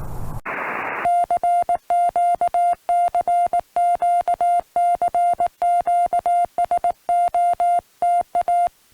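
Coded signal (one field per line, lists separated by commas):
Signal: Morse code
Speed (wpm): 18 wpm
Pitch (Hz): 700 Hz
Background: music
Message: CQ CQ CQ SOTA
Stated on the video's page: Restored recording of a summit activation of hill 1190.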